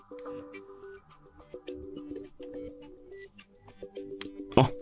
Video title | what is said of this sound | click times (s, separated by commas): Suunto Vertical 2 – Complete Setup & All Tutorials (Pair, Reset, Customize, Sports, Notifications) | okay. Now it clicked in. | 4.2 s